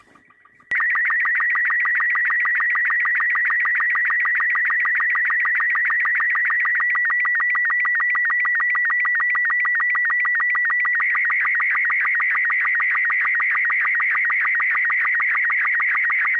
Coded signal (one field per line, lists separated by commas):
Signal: SSTV (slow-scan television)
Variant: Robot 36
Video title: Quansheng stacjonarny nadajnik SSTV